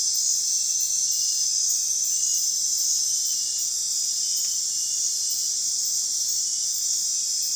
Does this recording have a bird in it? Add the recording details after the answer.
no. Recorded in dense forest near Puerto Asís, Putumayo, Colombia, on 20 February 2024 at 01:00. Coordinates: 0.499, -76.324. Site G6469